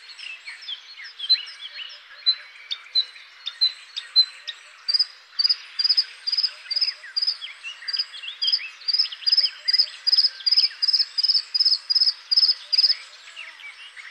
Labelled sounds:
Bluethroat (Luscinia svecica) song
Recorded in the wild
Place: Berezinsky, BY
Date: 2005-05-16
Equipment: Minidisc Sony MZ-R35, Telinga DAT, Telinga-Parabolspiegel
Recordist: Schwarz, Dieter
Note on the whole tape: Song

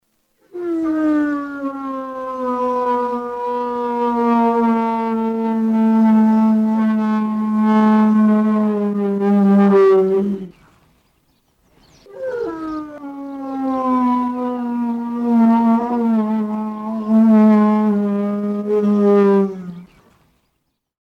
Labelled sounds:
Northern Elephant Seal (Mirounga angustirostris)
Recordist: Tembrock, Günter
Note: Heulen

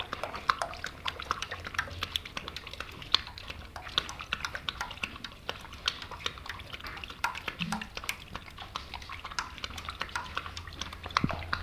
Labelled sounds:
Sun Bear (Helarctos malayanus)
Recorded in captivity
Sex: male
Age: adult
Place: Tierpark Berlin, Berlin, DE
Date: 1967-07-02
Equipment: R 20/2, Sennheiser MD 421
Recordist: Tembrock, Günter
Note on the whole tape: Zungentrinken ("Adam" nicht für alle typisch). Abstand 50 cm

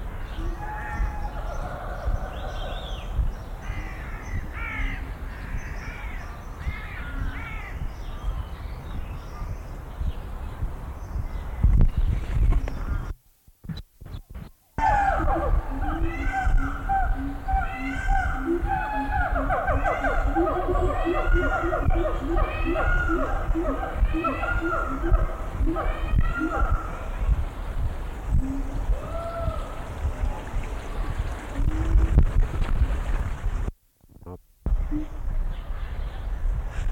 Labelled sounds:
Siamang (Symphalangus syndactylus)
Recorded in captivity
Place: Münchner Tierpark Hellabrunn, Bayern, DE
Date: 1995-05-27 10:36
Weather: heiter 15-20°C, böiger Wind
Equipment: Marantz CP 430, Sennheiser ME 80, Kopie Uher 4000 Report Monitor
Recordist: Tembrock, Günter
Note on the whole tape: Duettrufen (längere Stücke). Knackgeräusche nach ca. 1 min

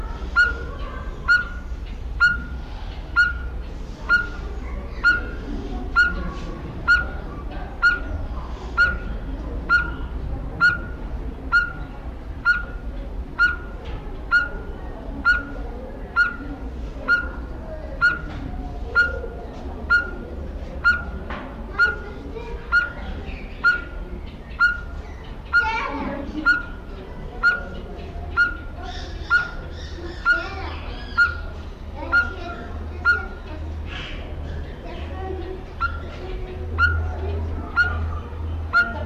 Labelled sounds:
Speckled Tinkerbird (Pogoniulus scolopaceus)
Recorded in captivity
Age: adult
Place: Zoo Berlin, Berlin, DE
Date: 1994-08-27 11:57
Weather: heiter, 16-22°C
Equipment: Marantz CP 430, Sennheiser ME 80, Kopie Uher Variocord 263
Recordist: Tembrock, Günter

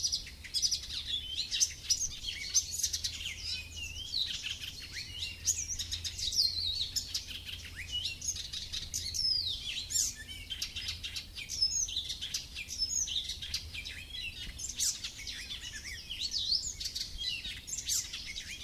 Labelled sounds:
Icterine Warbler (Hippolais icterina) song
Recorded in the wild
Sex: male
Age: adult
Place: Möhrendorf, Bayern, DE
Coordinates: 49.6372, 10.9831
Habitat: pond
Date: 1961-05-15
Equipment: Stellavox SM 4, Original, Vollspur
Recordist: Tretzel, Erwin

